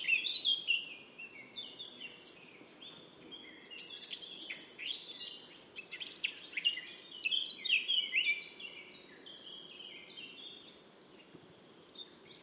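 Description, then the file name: Eurasian blackcap song, a rich, rapid warble of varied chirping and fluty notes, delivered in bursts with brief pauses over light background hiss. "Sylvia atricapilla"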